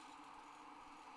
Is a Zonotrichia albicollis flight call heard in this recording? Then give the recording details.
no. No flight call is heard. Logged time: 06:46 on 30 November 2014